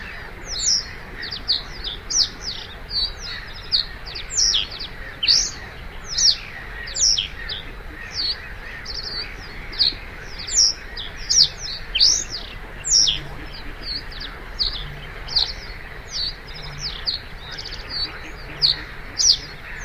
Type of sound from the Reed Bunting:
song